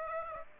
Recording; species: mosquito wingbeat signal from an infrared sensor; Aedes aegypti